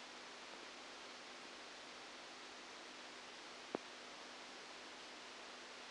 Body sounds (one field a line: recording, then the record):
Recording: brain microelectrode recording played as sound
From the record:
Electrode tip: outside the subthalamic nucleus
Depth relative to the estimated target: -10 mm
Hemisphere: left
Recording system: NeuroSet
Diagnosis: Parkinson's disease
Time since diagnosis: 15 years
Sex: female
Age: 59 years